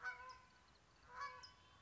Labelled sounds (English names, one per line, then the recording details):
California Towhee
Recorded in Sonoma County, California